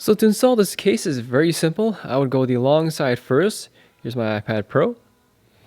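An iPad Pro is being handled next to a Moshi VersaCover case, a polycarbonate shell with TPU material, about to be pressed in long side first while a man talks. Only speech is heard, followed by near silence after about 5 seconds. Nothing has seated or clicked yet.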